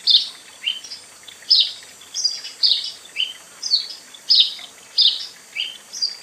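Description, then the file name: House sparrow giving a steady series of harsh bright chirps, with faint background hiss. "Passer domesticus"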